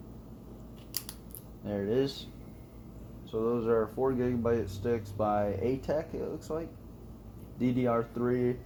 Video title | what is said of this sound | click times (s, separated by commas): Dell Latitude E6330 Upgrade | listen for the click there | 1.0 s